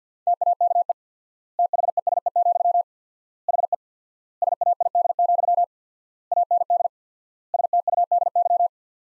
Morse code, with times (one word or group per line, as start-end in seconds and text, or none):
0.3-0.9 TAKE
1.6-2.8 THESE,
3.5-3.7 HE
4.4-5.6 SAID,
6.3-6.9 AND
7.5-8.7 STUDY